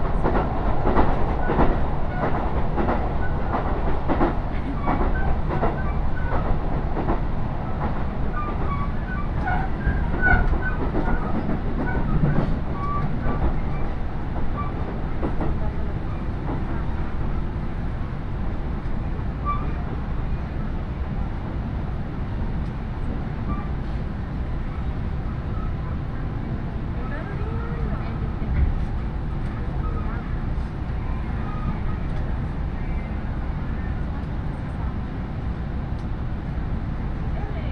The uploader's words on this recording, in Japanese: 鉄道旅 飯田線 辰野→伊那市。やってきたのは313系の2両編成。